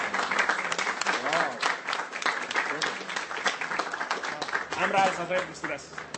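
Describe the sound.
An audience applauds steadily for several seconds, a dense, continuous clatter of many hands clapping at once, with a few voices calling out over the noise.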